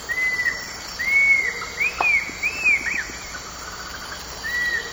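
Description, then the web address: Cinnamon attila song, a run of several arched whistles that swell and fade, then one more note after a pause, over a steady high hiss. Eastern lowlands of South America. "Natures Songs S America Eastern Lowlands. Cinnamon Attila"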